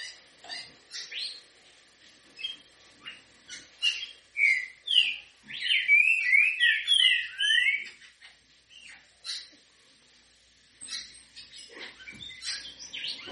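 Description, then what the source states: Green-winged Saltator whistled phrases rise and fall in a busy central stretch. Clicking, chattering sounds and other bird notes surround them. Song style called 'canto grego mole com boi'; voice number 08.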